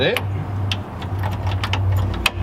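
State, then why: Seated. A new metal ignition tumbler (lock cylinder) is slid into the ignition switch housing of a 1966 Mustang, pushed against its spring and twisted so it locks on two teeth, with light metallic clicks and rattles along the way while someone talks over a low hum. A sharp click at 2.3 s marks the tumbler seating in its housing.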